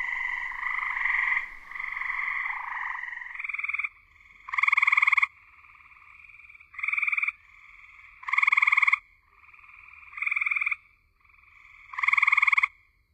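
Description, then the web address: Gray treefrog trilling calls, loud musical pulsed trills under a second long, repeated at intervals, with fainter trills between them. North America. "Songs of Frogs Toads of North America. Gray Treefrog"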